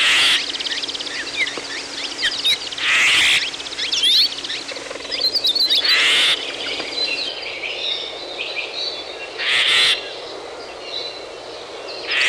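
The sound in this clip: Birds chirp and whistle softly beneath repeated loud rushing bursts of noise that break in every few seconds.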